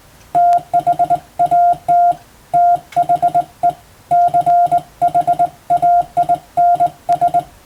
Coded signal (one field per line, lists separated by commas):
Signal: Morse code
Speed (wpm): 21 wpm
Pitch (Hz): 700 Hz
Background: none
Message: THAT THE CHAINS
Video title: 無線従事者国家試験総合無線通信士電気通信術のトレーニングにＣＷを打ってみました。アマチュア無線ハムの受信練習にもどうぞ(morse code practice for radio operator )